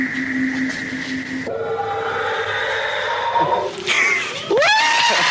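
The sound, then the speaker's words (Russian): A man in a played video screams wildly and loudly from start to finish on finding a person in a car trunk, his strained, sustained cries shifting abruptly in pitch and ending in a rising, shrill wail. “Вот один кадр, когда он орет, как ненормальный, блядь, когда нашел человека в багажнике.”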